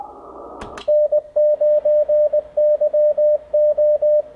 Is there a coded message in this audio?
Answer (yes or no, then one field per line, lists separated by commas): yes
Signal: Morse code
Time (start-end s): 0.9-4.2 s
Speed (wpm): 20 wpm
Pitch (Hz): 600 Hz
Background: radio noise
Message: N9YO